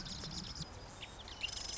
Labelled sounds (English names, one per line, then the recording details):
Marsh Wren
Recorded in Sonoma County, California